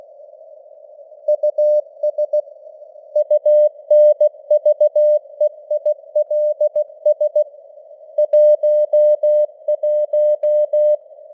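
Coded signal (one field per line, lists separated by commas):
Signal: Morse code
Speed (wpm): 17 wpm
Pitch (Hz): 600 Hz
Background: none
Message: US UNVEILS 11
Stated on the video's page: Computer-generated Morse news headlines at 16 wpm, with simulated radio noise and varying signal strength (QSB).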